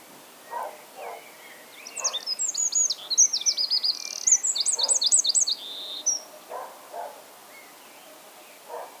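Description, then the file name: Eurasian wren pouring out a vigorous high-pitched song of quick notes and trills with a short buzzy ending, while soft low calls sound repeatedly in the background before and after. "Troglodytes troglodytes"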